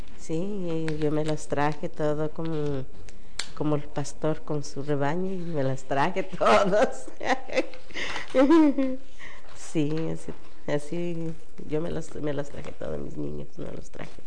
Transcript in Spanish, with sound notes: Sí, yo me las traje todo, como el pastor con su rebaño, me las traje a todas. (risas) Sí, así yo me los traje a todos mis niños, me los traje.